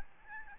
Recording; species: mosquito wingbeat signal from an infrared sensor; Aedes albopictus